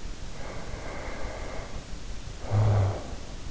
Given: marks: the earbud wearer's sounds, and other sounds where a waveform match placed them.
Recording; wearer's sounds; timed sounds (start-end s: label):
sounds in sleep by an in-ear microphone; snoring breath
0.24-3.23 s: snoring breath